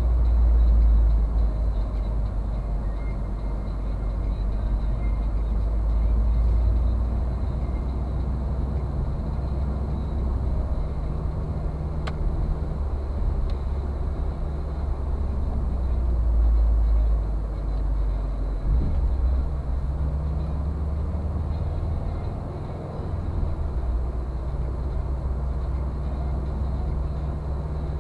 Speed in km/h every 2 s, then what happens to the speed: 32, 29, 31, 34, 37, 38, 39, 39, 32, 29, 29, 34, 35, 37.
2-8 speeds up to 37. 8-14 steady at about 38. 14-18 slows to 29. 20-28 speeds up to 37.